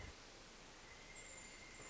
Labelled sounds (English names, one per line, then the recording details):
Pileated Woodpecker
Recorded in Sonoma County, California